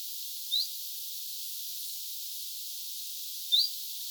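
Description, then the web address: Common chiffchaff: two short, high, upward-sliding whistled calls three seconds apart over faint steady hiss. Two chiffchaffs, 6 September 2025. "paivat 6 9 2025 kaksi bizt-tiltalttia"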